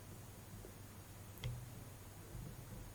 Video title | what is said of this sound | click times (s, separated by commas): Samsung S4 Not Charging, Not Syncing, Repair Fix! | and it just pops on. | 1.4 s